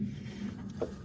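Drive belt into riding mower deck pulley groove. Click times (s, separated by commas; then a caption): 0.8 s. As the metal deck pulley of a Cub Cadet 2155 riding mower is turned by hand, the rubber V-belt rubs and rides up against it with a low, steady scraping. At 0.8 s a single short pop is heard as the belt seats into the pulley's V groove.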